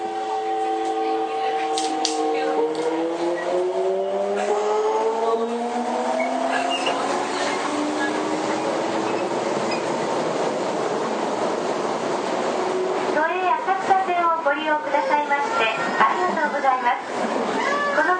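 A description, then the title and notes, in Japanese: A subway train pulls away, its motor whine climbing steadily in pitch through the first ten seconds before settling into a constant rumble of wheels and running noise. Toward the end, a voice, likely an announcement, speaks over the steady roar inside the car. 都営5300形 押上ー五反田。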